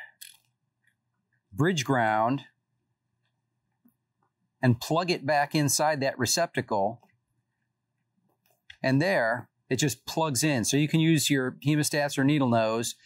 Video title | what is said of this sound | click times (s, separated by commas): How To Install Humbucker Pickups On Electric Guitar | en druk hem gewoon in dat gat en hij klikt vast, dus nu kunnen we | 8.7 s